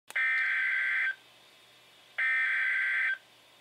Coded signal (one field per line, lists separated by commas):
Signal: Emergency Alert System (SAME) tones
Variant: header bursts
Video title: Severe Thunderstorm Watch #170 (EAS #1074)